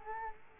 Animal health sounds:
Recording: mosquito wingbeat signal from an infrared sensor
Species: Culex quinquefasciatus

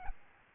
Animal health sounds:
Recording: mosquito wingbeat signal from an infrared sensor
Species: Aedes albopictus

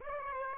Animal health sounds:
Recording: mosquito wingbeat signal from an infrared sensor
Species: Aedes aegypti

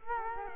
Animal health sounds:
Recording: mosquito wingbeat signal from an infrared sensor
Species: Culex quinquefasciatus

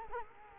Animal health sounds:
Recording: mosquito wingbeat signal from an infrared sensor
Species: Culex quinquefasciatus

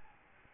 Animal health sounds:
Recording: mosquito wingbeat signal from an infrared sensor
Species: Aedes albopictus

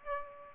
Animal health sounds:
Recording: mosquito wingbeat signal from an infrared sensor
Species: Aedes aegypti

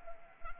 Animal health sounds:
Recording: mosquito wingbeat signal from an infrared sensor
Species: Anopheles arabiensis

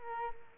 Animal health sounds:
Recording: mosquito wingbeat signal from an infrared sensor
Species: Culex quinquefasciatus

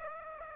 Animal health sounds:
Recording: mosquito wingbeat signal from an infrared sensor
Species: Aedes aegypti

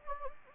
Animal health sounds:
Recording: mosquito wingbeat signal from an infrared sensor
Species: Anopheles gambiae

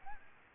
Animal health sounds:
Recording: mosquito wingbeat signal from an infrared sensor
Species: Aedes aegypti

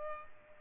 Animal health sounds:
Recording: mosquito wingbeat signal from an infrared sensor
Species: Culex pipiens

